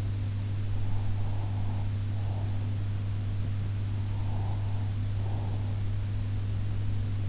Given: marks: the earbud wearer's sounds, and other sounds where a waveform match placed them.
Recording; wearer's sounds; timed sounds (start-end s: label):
sounds in sleep by an in-ear microphone; breath
0.81-2.73 s: breath
4.02-5.96 s: breath